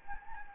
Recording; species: mosquito wingbeat signal from an infrared sensor; Anopheles gambiae